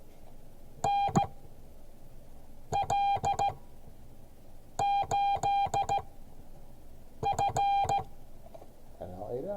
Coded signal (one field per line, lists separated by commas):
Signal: Morse code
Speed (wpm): 16 wpm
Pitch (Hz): 800 Hz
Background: speech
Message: NL8F